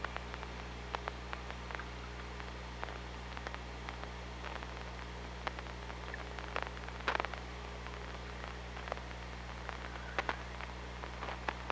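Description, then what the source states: Killer whale clicks, a long irregular series of sharp ticks, some in quick clusters, over constant low hum and underwater hiss. Recorded by hydrophone at OrcaLab on 24 August 2017, around 06:20.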